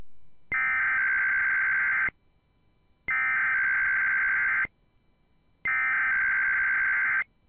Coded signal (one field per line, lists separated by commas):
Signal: Emergency Alert System (SAME) tones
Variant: header bursts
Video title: Tests, Weather Alerts & More! (EAS 329-350) 9/20/2021 & 9/21/2021